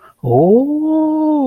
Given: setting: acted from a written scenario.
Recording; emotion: vocal sound without words; realization